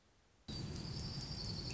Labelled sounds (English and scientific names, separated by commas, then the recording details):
Orange-crowned Warbler (Leiothlypis celata)
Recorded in Sonoma County, California